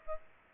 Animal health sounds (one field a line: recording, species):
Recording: mosquito wingbeat signal from an infrared sensor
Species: Aedes aegypti